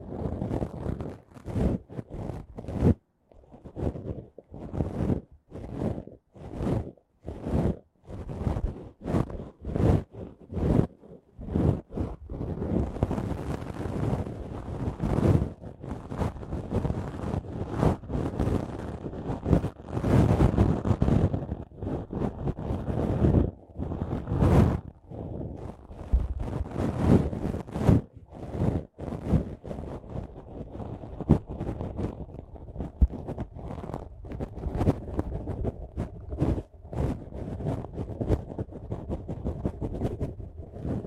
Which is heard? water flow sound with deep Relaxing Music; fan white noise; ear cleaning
ear cleaning